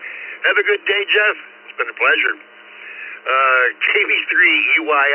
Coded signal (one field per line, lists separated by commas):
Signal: Emergency Alert System (SAME) tones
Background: speech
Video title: East Coast Reflector Morning Brew 1122 2025 12 30 07 03 31